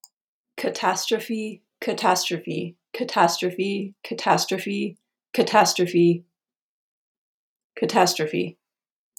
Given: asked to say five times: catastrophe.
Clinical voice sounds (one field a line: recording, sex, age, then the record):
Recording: repeated word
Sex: female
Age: 30 to 39 years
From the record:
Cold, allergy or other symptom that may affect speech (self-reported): no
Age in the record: 38 years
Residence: Colorado, United States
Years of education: 18